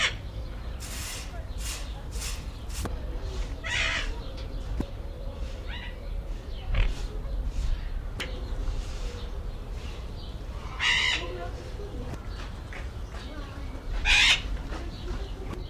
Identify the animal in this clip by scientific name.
Primolius auricollis